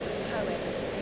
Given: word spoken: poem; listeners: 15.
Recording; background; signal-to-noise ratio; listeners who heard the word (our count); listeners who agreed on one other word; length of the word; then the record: one English word in noise, from a listening test; speech-shaped noise; -5.2 dB; 7 of 15; 7 of 15; 0.62 s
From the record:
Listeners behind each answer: 7, 7, 1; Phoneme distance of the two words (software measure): 10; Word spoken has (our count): 2 syllables, 4 phonemes, stress on syllable 1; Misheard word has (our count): 2 syllables, 4 phonemes, stress on syllable 1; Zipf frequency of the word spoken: 4.13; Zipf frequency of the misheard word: 4.09